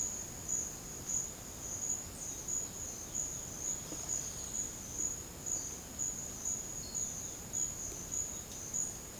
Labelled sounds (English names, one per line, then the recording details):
none
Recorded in secondary vegetation near Puerto Asís, Putumayo, Colombia, on 21 March 2025 at 10:00
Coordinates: 0.488, -76.319
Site G095